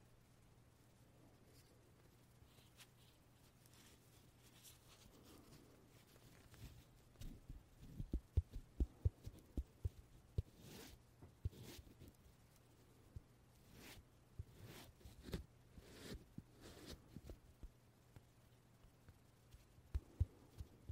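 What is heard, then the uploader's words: Short puffs of air burst out irregularly over a steady low hum. The first few seconds are sparse, then from about seven seconds the puffs and sharp clicks come thicker and louder, some in quick clusters, with softer breathy rushes near fifteen to seventeen seconds. 말없이 퍼프 소리만, 가득 담아봤어요 puff sound no talking asmr.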